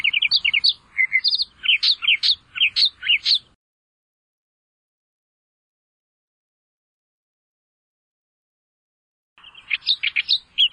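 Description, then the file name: Australian reed warbler song, a run of choppy, harsh, repeated high notes for several seconds, a long gap, then a second scratchy burst. "suara kicauan burung kerakbasi australia. omkicau"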